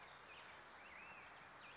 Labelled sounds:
Black-headed Grosbeak
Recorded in Sonoma County, California

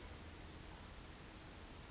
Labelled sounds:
Western Flycatcher
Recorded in Sonoma County, California

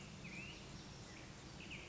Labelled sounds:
Black-headed Grosbeak
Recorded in Sonoma County, California

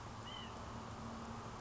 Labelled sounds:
White-breasted Nuthatch
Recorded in Sonoma County, California

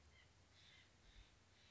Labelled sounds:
White-breasted Nuthatch
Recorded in Sonoma County, California

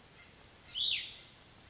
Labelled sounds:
Cassin's Vireo
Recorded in Sonoma County, California

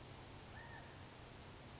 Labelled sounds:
California Quail
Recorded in Sonoma County, California

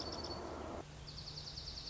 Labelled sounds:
Dark-eyed Junco
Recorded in Sonoma County, California

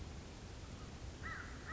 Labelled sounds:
American Crow
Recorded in Sonoma County, California

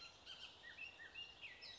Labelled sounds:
Bullock's Oriole
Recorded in Sonoma County, California

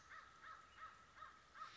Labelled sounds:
American Crow
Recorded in Sonoma County, California

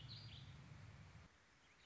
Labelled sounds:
Warbling Vireo
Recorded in Sonoma County, California

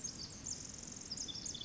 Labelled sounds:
Pacific Wren
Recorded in Sonoma County, California

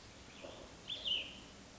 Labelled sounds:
Cassin's Vireo
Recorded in Sonoma County, California

